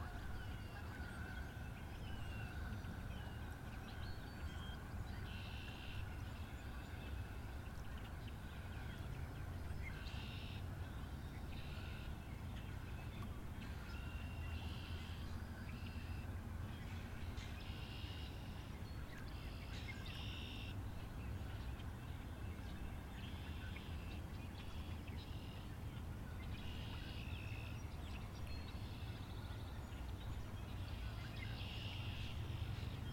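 Campground ambience at a state forest: a steady low rumble underneath, with bright bird calls repeating every couple of seconds throughout.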